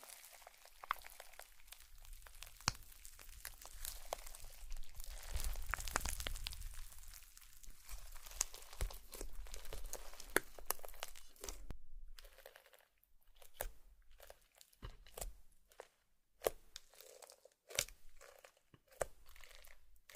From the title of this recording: Slime Sounds